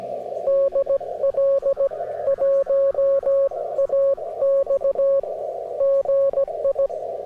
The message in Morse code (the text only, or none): DL1AX GI